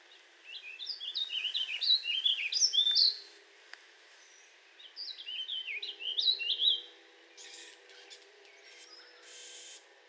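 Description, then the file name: Warbling vireo song, two rambling warbled phrases of quick up-and-down notes, followed by faint scratchy background noise. "Warbling Vireo 2 minutes of singing"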